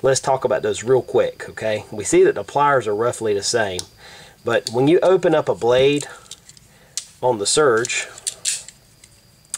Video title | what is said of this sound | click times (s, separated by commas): Leatherman Kick: The Bare Essentials | it actually locks in place okay I I cannot fold that | 9.5 s